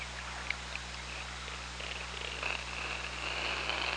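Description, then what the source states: Killer whale call, a faint drawn-out tone that wavers and steadies over the last two seconds, set against steady low underwater hum and hiss. OrcaLab hydrophone, 24 August 2017, 04:48:43.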